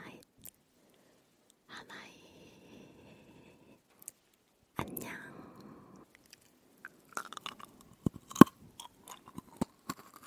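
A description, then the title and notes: Someone eats home-baked cookies. Soft chewing and crumbly crunches fill the first six seconds, with a louder bite near five seconds, then sharp, scattered crunches and clicks come more quickly toward the end. ASMR 직접만든 쿠키 이팅사운드 | home baking cookies eating sound.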